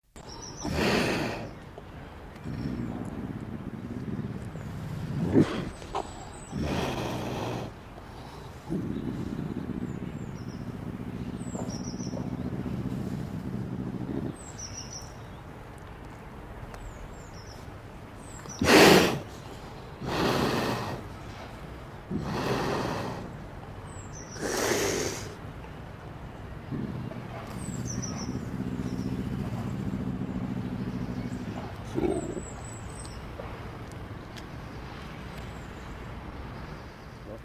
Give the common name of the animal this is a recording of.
Eurasian Lynx